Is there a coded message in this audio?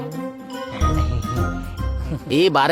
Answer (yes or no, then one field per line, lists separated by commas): no